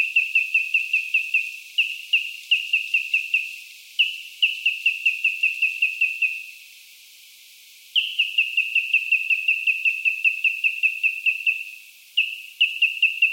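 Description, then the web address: Bird giving quick runs of high, clipped, descending notes, each run of several calls, with a short gap in the middle. Australian bird call. "Sound Effects-Foundation 1 BIRD AUS BIRD 06 CALL 01"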